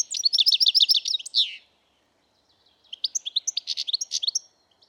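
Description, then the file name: European goldfinch song: a rapid liquid twitter of high notes ending in a slurred buzz, then silence, then another burst of mixed chirps and trills. "Carduelis carduelis"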